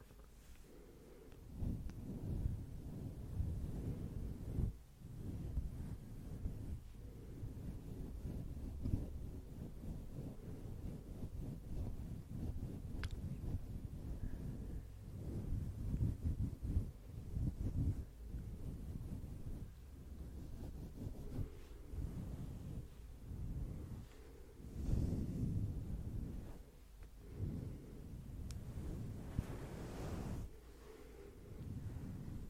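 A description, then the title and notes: Fluffy mic brushing makes dense, low rustling rumbles that swell and fade throughout, with occasional sharp taps around 13, 25 and 30 seconds. ASMR Nail Tapping & Fluffy Mic Brushing.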